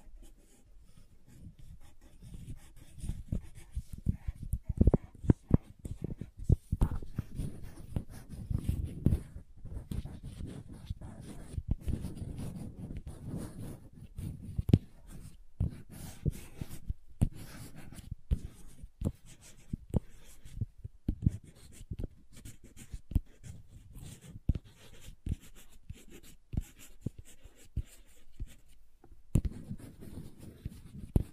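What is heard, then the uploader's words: Crayon and slime sounds with tapping: a dense run of soft scratchy strokes and squishy rubbing fills the whole clip, low and muffled with a faint hiss above. Sharp taps and clicks punctuate it irregularly, busiest between about 4 and 10 seconds. Slime Sounds Crayon Sounds + Tapping. Some various mixed sounds.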